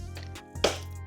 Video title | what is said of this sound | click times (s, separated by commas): BMW R1300GS - Basic maintenance - Coolant & Oil check + Air Filters replacement! | Clicks in place, remove the key, good to go. | 0.6 s